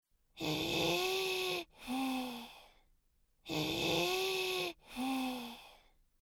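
Wheeze in a child's breath sounds heard through a stethoscope, in Panama: musical, tonal sounds with steady harmonic bands running through each breath, over about two breath cycles.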